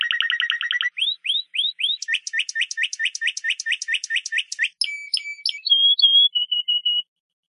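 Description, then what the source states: Canary song opening with a rapid rattling trill, then series of rising whistled notes repeated steadily, ending in a few sharp notes and a thin, level whistled tone. Champion singing canary.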